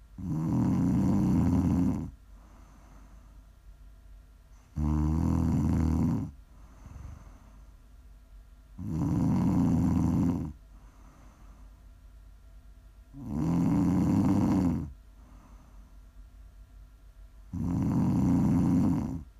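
Prime ASMR snoring from a sleeping adult woman: five loud, low-pitched snores, each lasting a second or two, come at a steady pace with quiet breathing in between.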